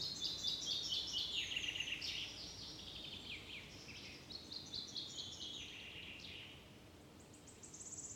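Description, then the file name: Common chaffinch song: several rapid, cascading trills that tumble downward in pitch, overlapping and following closely one after another. "Fringilla coelebs"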